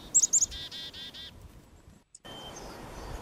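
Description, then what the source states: Black-capped Chickadee call: two thin high notes followed by several buzzy 'dee' notes. Played back on a radio show to confirm a caller's identification of a mystery bird sound.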